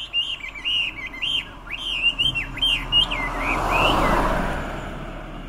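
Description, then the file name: Chinese hwamei song: loud whistled phrases rising and falling, repeated rapidly for a few seconds, followed by a swelling rush of passing traffic. "Garrulax canorus"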